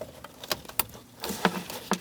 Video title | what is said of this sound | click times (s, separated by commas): How to Replace USB Retainer Ring 2003-2025 Chevrolet Express 2500 | Push until you hear a click. | 0.8 s